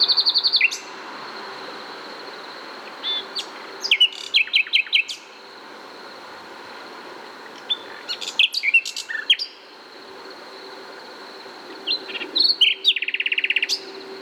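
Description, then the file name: Common nightingale delivering several separate phrases of sharp chirps, slurred whistles and quick repeated notes, with brief pauses between and a steady high hum underneath. "Luscinia megarhynchos"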